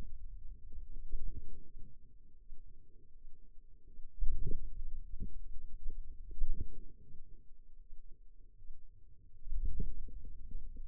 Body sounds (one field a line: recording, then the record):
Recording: forearm muscle sounds (acoustic myography)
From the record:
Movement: wrist flexion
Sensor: system 2, bracelet of six BSWA MPA416 microphones around the upper forearm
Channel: 1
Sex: female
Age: 23 years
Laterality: right